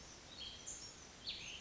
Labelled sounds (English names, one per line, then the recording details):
Cassin's Vireo
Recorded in Sonoma County, California